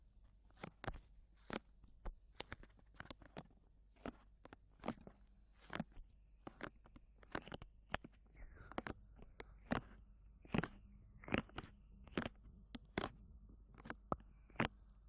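An ear massage made of crisp, sharp taps and brushing clicks that land in a fairly even rhythm, about one or two each second for the whole stretch. Some strokes are brighter and more rasping than others. A faint low hum runs steadily underneath.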